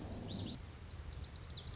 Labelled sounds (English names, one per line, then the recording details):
Lazuli Bunting
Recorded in Sonoma County, California